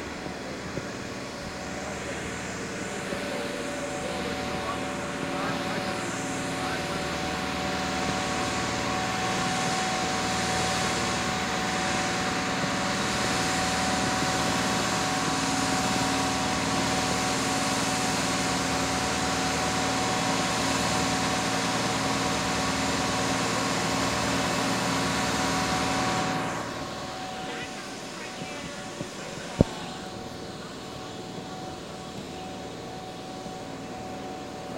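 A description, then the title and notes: Compressor station noise: a loud, dense mechanical roar with a steady whine holds until about 26 seconds, then drops to a quieter hum. Compressor Station Noise by Lana Straub.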